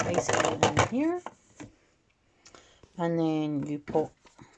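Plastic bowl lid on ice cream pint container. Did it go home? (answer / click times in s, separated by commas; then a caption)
no / none. The plastic lid or outer bowl of a Ninja Creami ice cream maker is handled over the pint container while someone talks, with a few light taps and knocks around 1.6 s and 2.5 s. The clip ends before the part goes on, so nothing has seated or clicked yet.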